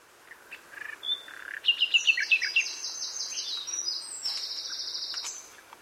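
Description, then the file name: Common nightingale song: a few soft notes, then a rapid run of repeated sharp chirps, followed by high buzzy trilled notes. "Luscinia megarhynchos"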